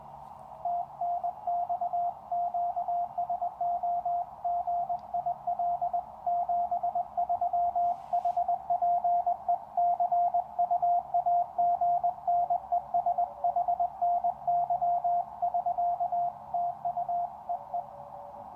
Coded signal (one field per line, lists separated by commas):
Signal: Morse code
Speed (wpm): 20 wpm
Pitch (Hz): 700 Hz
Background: radio noise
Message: TNX QSO GIL 73 HPE CUAGN ES HNY <SK> TU EE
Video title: The Resurrection of the Small Wonder Labs SW+ Radio, Pt2.